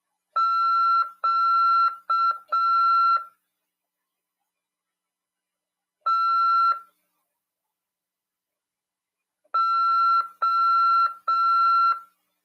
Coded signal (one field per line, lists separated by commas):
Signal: Morse code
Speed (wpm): 6 wpm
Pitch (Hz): 1350 Hz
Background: none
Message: QTO